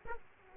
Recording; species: mosquito wingbeat signal from an infrared sensor; Aedes aegypti